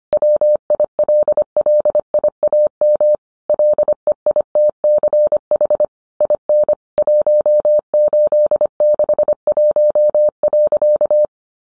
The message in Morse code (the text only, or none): WILLIAM LEITCH IN 1861.